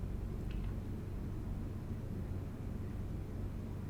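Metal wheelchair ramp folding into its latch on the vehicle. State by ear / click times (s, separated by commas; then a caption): not seated / none. A metal wheelchair ramp on a Carryall Transporter XL ADA compliant utility vehicle is handled as it is pulled toward its folded position and latch. A steady low rumble runs throughout, with one brief sharp sound at about 0.5 s. The ramp has not yet clicked into place.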